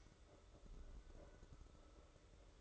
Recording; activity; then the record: daily activity, microphone in the room; make coffee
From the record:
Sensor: 3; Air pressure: 995.2 hPa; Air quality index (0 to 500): 72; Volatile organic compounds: 4 ppm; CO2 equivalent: 1654 ppm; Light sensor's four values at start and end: 17/50/21/18 and 17/50/21/18